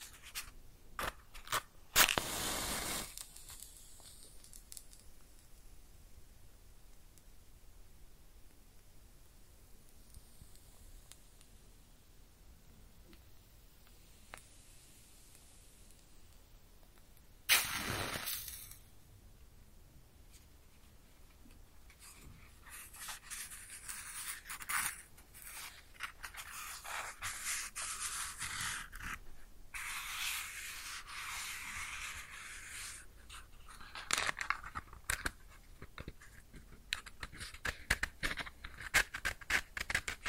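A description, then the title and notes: A match is struck close up near 2 and 18 seconds, flaring brightly, then crackles and sizzles unevenly through a busier stretch after 22 seconds. ASMR Close Up Matching LightingExtinguishing Fire Crackles & Sizzles (No Talking).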